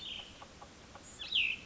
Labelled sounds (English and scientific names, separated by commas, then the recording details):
Cassin's Vireo (Vireo cassinii)
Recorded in Sonoma County, California